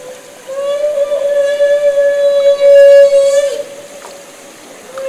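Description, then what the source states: Humpback whale feeding call: one sustained, even, horn-like tone with stacked harmonics lasting about three seconds, falling briefly at its close before a new tone begins. Call made during bubble-net feeding.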